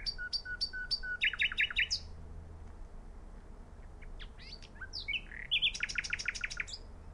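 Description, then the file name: Common nightingale song: rapid repeated notes, piercing whistled phrases and fast rattling trills, with pauses between bursts and a low rumble beneath. "Luscinia megarhynchos"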